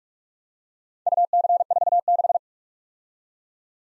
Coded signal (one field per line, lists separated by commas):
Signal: Morse code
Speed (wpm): 46 wpm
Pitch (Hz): 700 Hz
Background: none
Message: UC46